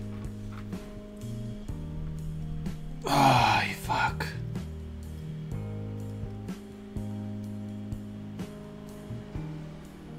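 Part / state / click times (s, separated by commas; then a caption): small plastic kit part into model kit assembly / not seated / none. A small plastic part for a P-Bandai MG Gundam Deathscythe EW (Rousette Unit) model kit is pushed toward its spot in the assembly, where it is supposed to click into place. Someone talks over music, with a loud burst of sound around 3 to 4 seconds and a few soft ticks. Nothing has seated or clicked yet, and the part won't push into place.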